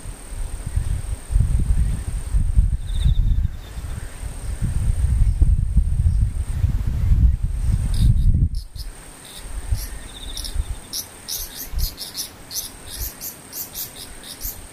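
Insects sing in a thin, steady high whine that runs through most of the clip, broken by a few short gaps. For the first eight and a half seconds a heavy low rumble surges underneath, then drops away, leaving quick bright chirps and clicks pulsing toward the end.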